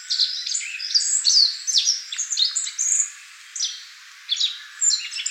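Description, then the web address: Black-faced bunting song: dense, high chirping and twittering notes tumbling quickly over one another in short bursts, with brief pauses between phrases. Recorded 17 April 2015. "birdenaga aoji"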